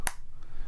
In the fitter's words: and it pops into place and you have a built-in stand so you can stand it either in